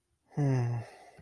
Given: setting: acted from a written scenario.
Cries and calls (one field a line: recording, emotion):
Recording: vocal sound without words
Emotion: disappointment